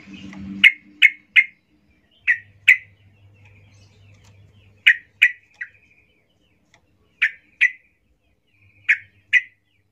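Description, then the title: Yellow-vented Bulbul song: lively chirps in quick runs of two or three notes, repeated after short pauses, with soft low rumbling at times. Singing trucuk used as a lure to make trucuk birds sing; described as gacor, ropel ngalas style. "GACOR Ropel Ngalas Pancingan Trucukan Agar Bunyi Jadikan Burung Trucuk"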